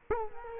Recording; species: mosquito wingbeat signal from an infrared sensor; Culex quinquefasciatus